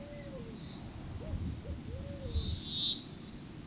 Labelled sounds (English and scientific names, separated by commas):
Pale-vented Pigeon (Patagioenas cayennensis)